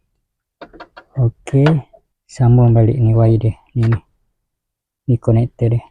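A mechanic reconnects the fuel pump wiring harness connector on a Honda SM4 with a no-start problem by hand, pushing it back toward its mating plug in the fuel pump circuit while someone talks. A few faint taps are heard early on, but nothing has seated or clicked yet by the end of the clip.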